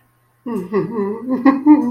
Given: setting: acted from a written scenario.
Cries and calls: vocal sound without words; embarrassment

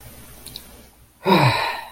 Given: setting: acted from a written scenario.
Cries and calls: vocal sound without words; serenity

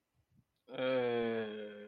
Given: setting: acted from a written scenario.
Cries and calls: vocal sound without words; disgust

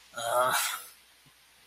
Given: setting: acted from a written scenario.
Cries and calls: vocal sound without words; contempt

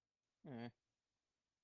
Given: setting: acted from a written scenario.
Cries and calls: vocal sound without words; neutral

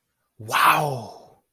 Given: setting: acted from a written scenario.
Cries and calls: vocal sound without words; elation

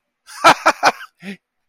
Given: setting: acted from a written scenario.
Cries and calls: vocal sound without words; positive surprise

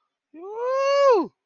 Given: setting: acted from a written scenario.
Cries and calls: vocal sound without words; elation

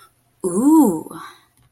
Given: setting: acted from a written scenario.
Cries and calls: vocal sound without words; desire

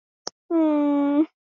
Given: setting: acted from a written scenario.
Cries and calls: vocal sound without words; adoration

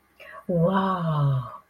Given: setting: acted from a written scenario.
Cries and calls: vocal sound without words; awe

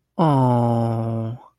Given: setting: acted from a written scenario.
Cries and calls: vocal sound without words; adoration

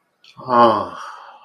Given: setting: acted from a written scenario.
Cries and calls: vocal sound without words; guilt

